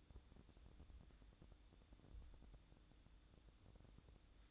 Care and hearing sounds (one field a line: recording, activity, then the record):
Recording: daily activity, microphone in the room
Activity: make coffee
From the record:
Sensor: 3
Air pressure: 1007.3 hPa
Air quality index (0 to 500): 54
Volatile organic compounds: 1 ppm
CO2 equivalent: 590 ppm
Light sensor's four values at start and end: 8/18/7/7 and 8/18/7/7